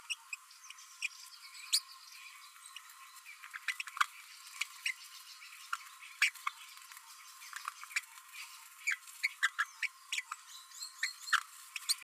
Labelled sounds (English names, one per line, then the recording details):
Green-rumped Parrotlet babbling
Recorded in a nest box in Venezuela
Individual 18B12A1